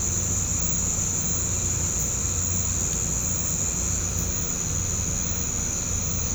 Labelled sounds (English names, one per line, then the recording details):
none
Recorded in pastures near Puerto Asís, Putumayo, Colombia, on 18 December 2024 at 05:30
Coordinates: 0.505, -76.324
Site G063